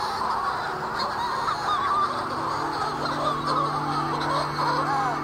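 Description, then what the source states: Manx shearwater screams and howls: a dense, continuous chorus of harsh, wavering cries from many birds, overlapping without pause. Heard unseen in spring and summer circling the island summit; banshee-like screams and howls that once made the air seem full of demons.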